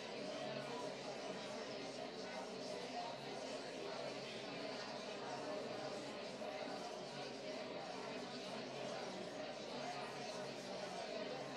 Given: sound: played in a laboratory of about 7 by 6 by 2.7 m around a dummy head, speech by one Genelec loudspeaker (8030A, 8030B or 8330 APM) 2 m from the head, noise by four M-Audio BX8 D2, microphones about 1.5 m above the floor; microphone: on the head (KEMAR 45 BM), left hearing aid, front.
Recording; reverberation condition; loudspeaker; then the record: babble noise; medium; four, about 170 cm from the corners of the room and facing them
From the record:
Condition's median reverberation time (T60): about 510 ms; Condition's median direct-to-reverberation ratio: about -0.5 dB